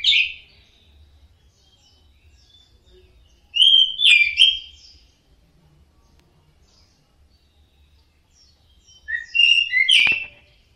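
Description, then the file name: Orange-headed thrush giving brief whistled and chirping phrases spaced by long pauses, with faint low background rumble. Orange-headed thrush song in the ngeplong style. "anis merah ngeplong"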